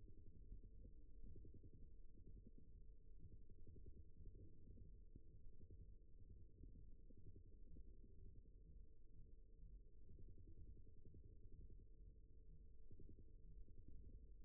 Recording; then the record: forearm muscle sounds (acoustic myography)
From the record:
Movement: rest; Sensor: system 1, eight BSWA MPA416 microphones around the upper forearm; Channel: 3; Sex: male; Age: 54 years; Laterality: right